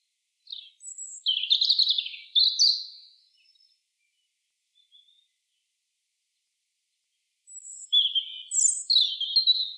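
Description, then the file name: European robin song, two separate bursts of high, rippling warbled notes divided by a long quiet pause with only a few faint notes between them. "Erithacus rubecula"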